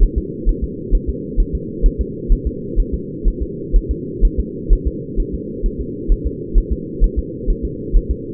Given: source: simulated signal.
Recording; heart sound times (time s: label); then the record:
fetal heart sounds
0.03 s: S1
0.18 s: S2
0.49 s: S1
0.64 s: S2
0.95 s: S1
1.09 s: S2
1.40 s: S1
1.55 s: S2
1.86 s: S1
2.01 s: S2
2.32 s: S1
2.47 s: S2
2.80 s: S1
2.94 s: S2
3.28 s: S1
3.43 s: S2
3.76 s: S1
3.91 s: S2
4.25 s: S1
4.40 s: S2
4.73 s: S1
4.87 s: S2
5.20 s: S1
5.34 s: S2
5.66 s: S1
5.81 s: S2
6.12 s: S1
6.27 s: S2
6.58 s: S1
6.73 s: S2
7.04 s: S1
7.19 s: S2
7.50 s: S1
7.65 s: S2
7.97 s: S1
8.11 s: S2
From the record:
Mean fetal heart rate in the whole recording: 130 bpm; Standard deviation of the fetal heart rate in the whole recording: 4 bpm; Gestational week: 38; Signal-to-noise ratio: -4.1 dB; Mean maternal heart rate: no maternal heart sound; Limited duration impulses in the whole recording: absent